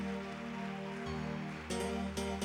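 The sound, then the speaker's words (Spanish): A church audience claps loudly and steadily for God in a dense, continuous wash, while sustained keyboard chords ring underneath and shift partway through. “Dale un aplauso a Dios bien fuerte, iglesia.”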